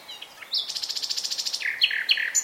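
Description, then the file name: Common nightingale song: a rapid, even run of many pulsing high notes, then several deeper, full-toned chirps. "Luscinia megarhynchos"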